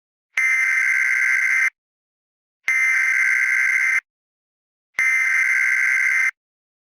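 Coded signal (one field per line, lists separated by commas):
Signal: Emergency Alert System (SAME) tones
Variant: header bursts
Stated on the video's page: Fictional EAS test scenario that may contain valid or invalid tones.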